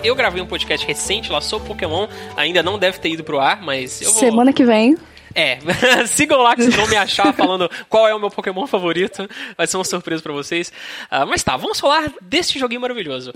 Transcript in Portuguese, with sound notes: Eu gravei um podcast recente lá sobre Pokémon, ainda não deve ter ido para o ar, mas eu vou… Semana que vem! É! [risos] Sigam lá que vocês vão me achar falando qual é o meu Pokémon favorito, vai ser uma surpresa para vocês. Ah, mas tá, vamos falar deste joguinho maravilhoso: